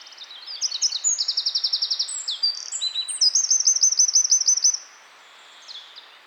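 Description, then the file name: Eurasian wren: an energetic, piercing song of rapid notes and two fast trills, lasting almost five seconds before stopping abruptly. "Troglodytes troglodytes"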